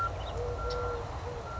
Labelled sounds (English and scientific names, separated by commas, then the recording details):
Eurasian Collared Dove (Streptopelia decaocto)
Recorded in Sonoma County, California